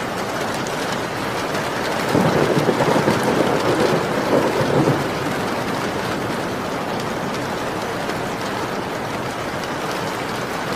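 Rain falls steadily against the windows, a dense, even patter that fills the whole clip. From about two to five seconds a deeper, louder rolling swell rises beneath the rain, then eases back to the constant hiss of the downpour.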